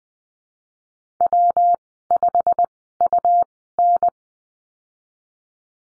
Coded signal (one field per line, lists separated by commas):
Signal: Morse code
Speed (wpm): 20 wpm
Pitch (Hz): 700 Hz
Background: none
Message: W5UN